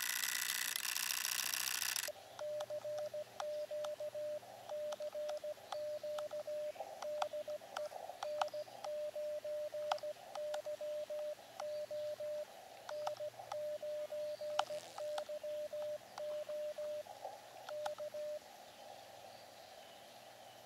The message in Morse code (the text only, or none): CQ CQ DE N9YO N9YO K